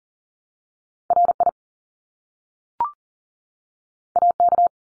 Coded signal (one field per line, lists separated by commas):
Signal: Morse code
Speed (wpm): 40 wpm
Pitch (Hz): 700 Hz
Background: none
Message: RI AK